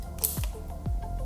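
A Canon EOS R50 battery pack is pushed edge first into the camera's battery compartment, giving a sharp click at 0.3 s as the latch catches. Softer ticks follow at 0.4 s and 0.9 s over a low background hum. The battery is seated and latched, and the click is how you know it's in properly.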